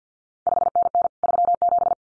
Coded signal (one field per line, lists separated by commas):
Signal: Morse code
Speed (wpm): 50 wpm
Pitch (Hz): 700 Hz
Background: none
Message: 5NN 37